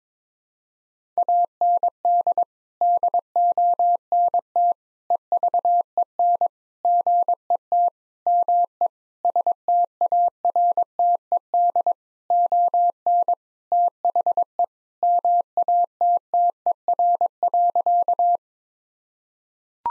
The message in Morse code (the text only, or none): AND DONT EVEN GET ME STARTED ON THE MATTER.